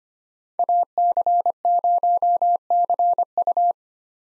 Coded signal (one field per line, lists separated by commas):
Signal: Morse code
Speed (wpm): 25 wpm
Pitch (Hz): 700 Hz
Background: none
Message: AC0CU